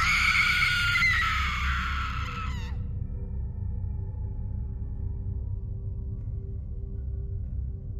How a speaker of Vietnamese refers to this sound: Bất thình lình có một tiếng hét thất thanh vang lên sau nhà.